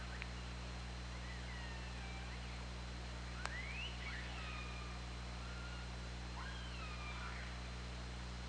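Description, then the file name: Orca calls, a string of rising and gently falling whistled tones with harmonics, plus a couple of sharp clicks, set against constant low droning hum and background hiss. Underwater recording from the OrcaLab hydrophone, 24 August 2017, at 20:47:59. "Orca Lab UTLN JASON 20170824 204759"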